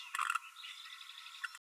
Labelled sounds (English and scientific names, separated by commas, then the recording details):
Green-rumped Parrotlet (Forpus passerinus) babbling
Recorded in a nest box in Venezuela
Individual 18B12A1